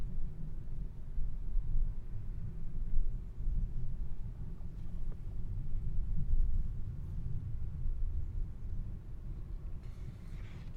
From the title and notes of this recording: Manzanita Barren - Montclair, CA. Zoom H6. Magnetic Microphone Mounts.